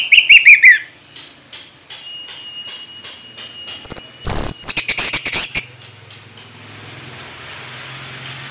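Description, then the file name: Orange-headed thrush song opening with descending whistled trills, then a high clear note and a dense burst of sharp clicking notes before fading. Orange-headed thrush singing in gacor ngeplong style. "anis merah gacor ngeplong"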